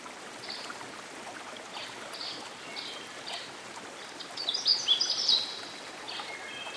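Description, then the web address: Canada warbler giving one hurried, tumbling phrase of sharp high notes late, preceded by soft scattered chips, with a babbling stream throughout. Singing beside a stream. "Dan Gibson Songbirds By The Stream. Canada Warbler"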